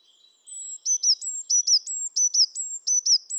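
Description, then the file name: Eurasian blue tit giving rapid repeated high notes, each a flat tone dropping into a quick downslur, delivered in a steady rhythmic series. "Cyanistes caeruleus"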